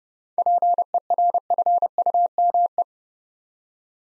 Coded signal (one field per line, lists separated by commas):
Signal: Morse code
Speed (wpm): 30 wpm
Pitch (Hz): 700 Hz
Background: none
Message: PERFUME